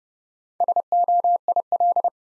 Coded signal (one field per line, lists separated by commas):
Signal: Morse code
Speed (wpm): 30 wpm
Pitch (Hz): 700 Hz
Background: none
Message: SOIL